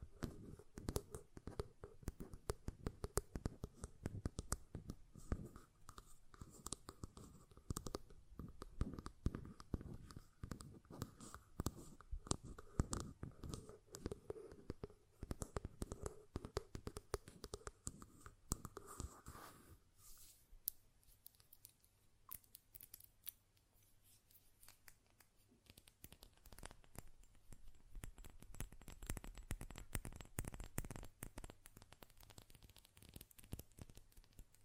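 Dense, irregular glass taps and lid clicks on a perfume bottle, with a ringing tone through the first twenty seconds, then sparser, duller tapping.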